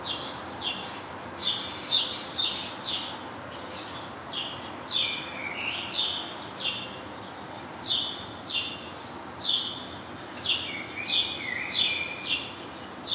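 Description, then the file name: House sparrow chirps, dense and overlapping at first, then spaced out about every second, with a few lower warbling notes midway and near the end. "Passer domesticus"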